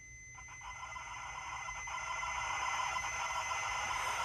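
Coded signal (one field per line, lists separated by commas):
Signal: ZX Spectrum tape loading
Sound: harsh continuous buzzing screech with a faint tonal edge, steady throughout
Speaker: So, that's going to take a good 5 minutes or so. We'll come back when that's loaded.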